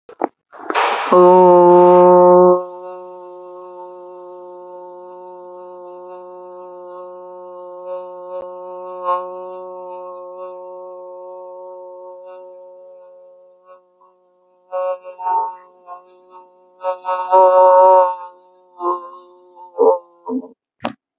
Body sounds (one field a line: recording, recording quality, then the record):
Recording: sustained vowel as in boot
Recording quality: moderate, slight background noise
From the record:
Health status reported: healthy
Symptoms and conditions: none ticked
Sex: female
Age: 30 years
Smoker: not ticked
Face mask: not worn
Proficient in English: yes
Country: India